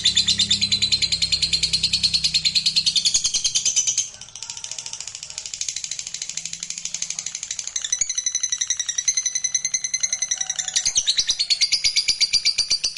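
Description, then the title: Lovebird chattering song, fast high buzzy pulses running almost without break, dipping briefly in volume before resuming strongly. Meant to prompt a lovebird that is reluctant to sing into spontaneous, excited singing. "LOVEBIRD Malas Bunyi JADI GREGET SPONTAN Langsung NARIK"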